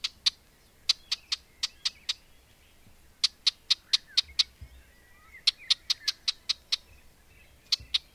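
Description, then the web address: Bird calls as sharp, dry ticks in rapid bursts of several, each burst separated by a short pause. "madarak enek"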